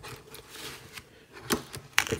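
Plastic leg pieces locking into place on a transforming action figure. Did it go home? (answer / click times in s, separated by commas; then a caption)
yes / 2.0 s. Plastic leg pieces on a Transformers: Power of the Primes Deluxe Class Blot transforming action figure are locked into place. Light plastic clicks and handling sounds lead up to a sharp, loud snap at 2.0 s, followed by a smaller click. The leg pieces lock in and are seated.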